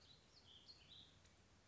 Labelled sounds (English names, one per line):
Warbling Vireo